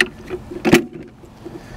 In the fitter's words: and it clicks right into place